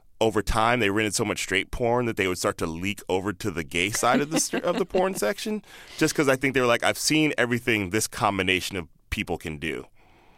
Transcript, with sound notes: over time they rented so much straight porn that they would start to leak over to the gay side of the porn section.
(LAUGHTER)
Just because I think they were like, I've seen everything this combination of people can do